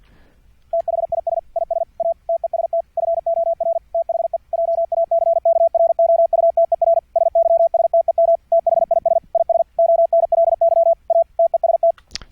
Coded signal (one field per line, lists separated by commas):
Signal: Morse code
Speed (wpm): 48 wpm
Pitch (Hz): 670 Hz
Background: radio noise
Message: THIS IS A TEST FOR THE JACKROUTER SYSTEM THIS IS ONLY A TEST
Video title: Morse Code QSO over the internet - software setup - config 7 - Jackrouter ( sidetone )